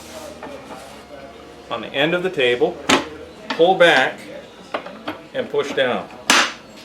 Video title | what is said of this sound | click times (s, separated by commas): Cruiser Unboxing and Operation | fence snaps into place then slide back and forth tracking fairly true now | 6.3 s